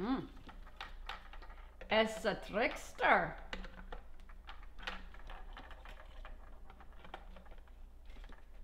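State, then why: Not seated. A plastic leg is being handled and pushed toward a toy rocket's launch base, with scattered light plastic taps and knocks while someone talks. Nothing has clicked or seated yet; the leg is not yet in place by the end.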